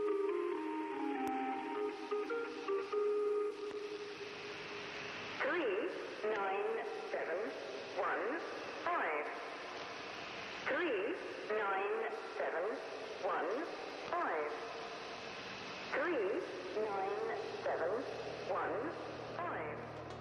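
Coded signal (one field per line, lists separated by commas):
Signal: numbers station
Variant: Lincolnshire Poacher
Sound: short tune-like tones, then short evenly spaced spoken words through radio static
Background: radio static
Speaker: one such example of this would be the Lincolnshire poacher the Lincolnshire poacher was a powerful British shortwave number station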